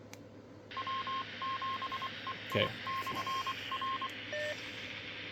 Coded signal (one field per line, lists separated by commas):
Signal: Morse code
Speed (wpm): 24 wpm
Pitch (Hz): 1060 Hz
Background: none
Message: W7EI/R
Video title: Tid radio td-h3 how to program 220mhz repeaters!